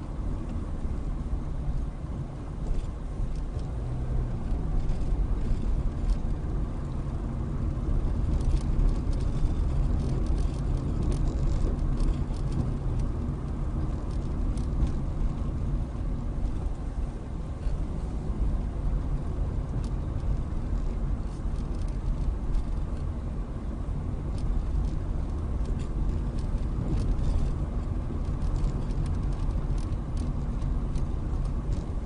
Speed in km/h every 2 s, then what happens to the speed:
18, 18, 24, 27, 27, 27, 26, 21, 21, 23, 23, 23, 24, 26, 24, 24.
2-6 speeds up to 27. 6-11 steady at about 27. 11-15 slows to 21. 15-32 steady at about 23.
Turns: none.